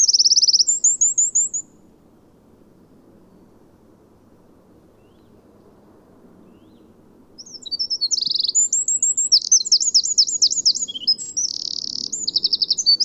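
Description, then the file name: Eurasian wren with a brief high trill at the start, then after a long quiet gap a fast, loud burst of shrill trills and rattles lasting several seconds. "Troglodytes troglodytes"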